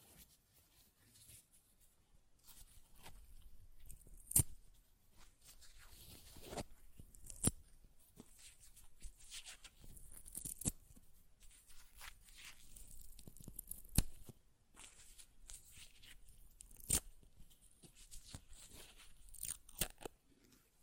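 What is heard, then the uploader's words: Paper being ripped and torn in a long series of short, scratchy bursts, with little pause between them. Sharp, crackling tears stand out at about 4, 7.5, 14 and 17 seconds, while softer rustling and crinkling fill the gaps. ASMR Paper Ripping Tearing Sounds (No Talking).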